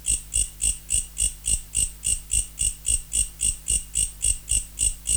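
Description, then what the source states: Mecopoda katydid song: evenly spaced buzzy ticks, a little under four per second, over a constant low hum. Recorded in November.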